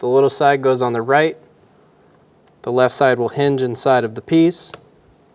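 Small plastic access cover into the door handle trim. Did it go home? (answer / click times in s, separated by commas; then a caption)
no / none. A small plastic access door is being fitted into the rear exterior door handle trim of a 2007-2017 Ford Expedition, with its left side hinged inside the piece before it is pressed to lock into place. Someone talks in two bursts separated by a quiet pause, with no distinct click heard. Nothing has seated or clicked yet.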